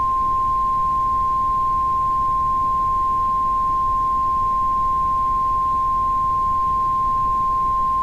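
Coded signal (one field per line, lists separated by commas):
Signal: Emergency Alert System (SAME) tones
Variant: 1050 Hz attention tone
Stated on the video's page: Mock alert with valid tones, made with EAS Encoder software and Audacity.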